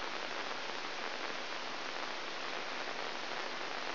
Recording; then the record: brain microelectrode recording played as sound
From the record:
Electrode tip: inside the subthalamic nucleus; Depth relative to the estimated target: -3.3 mm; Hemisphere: left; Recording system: AlphaMap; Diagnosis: Parkinson's disease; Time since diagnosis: 20 years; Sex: female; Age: 65 years